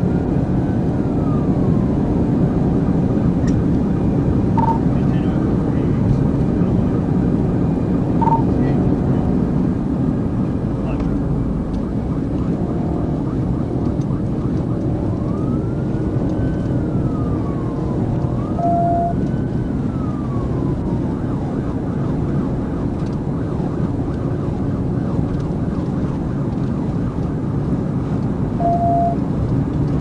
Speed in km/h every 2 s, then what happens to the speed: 222, 224, 224, 224, 221, 204, 203, 200, 200, 200, 201, 203, 206, 209, 211.
0-7 steady at about 224. 7-13 brakes to 200. 13-30 steady at about 201.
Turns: none.